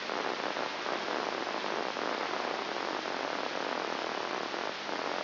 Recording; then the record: brain microelectrode recording played as sound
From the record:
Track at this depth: inside the subthalamic nucleus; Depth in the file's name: 1.904 mm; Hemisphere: left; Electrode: 3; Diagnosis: Parkinson's disease